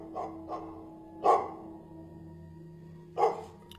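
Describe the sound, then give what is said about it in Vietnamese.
A dog barks four times at uneven intervals, faintly from somewhere, late at night during a flood: two short softer yaps followed by two louder, sharper barks, over a steady low hum with no one speaking. “Nghe cái tiếng chó sủa nó chẳng những là tiếp thêm sinh khí mà nó càng làm cho người ta thêm buồn.”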